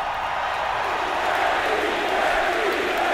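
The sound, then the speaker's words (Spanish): A large stadium crowd gives a standing ovation, roaring and applauding in a steady, loud wash of cheering and clapping that holds without a break, swelling slightly toward the end. “Bueno, escuchamos una ovación de pie, como muchas veces las hemos escuchado en el estadio para las dos.”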